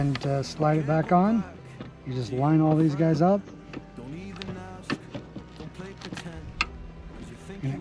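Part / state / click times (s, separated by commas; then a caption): motorcycle bag quick-mount latch onto its frame bracket / seated / 6.6 s. A motorcycle bag is lined up on its quick-mount pins and slid back onto its frame bracket while someone talks over music. After a few light scrapes and taps, the quick-mount latch clicks into place with a sharp, loud snap at 6.6 s, and the bag is secured on the bracket.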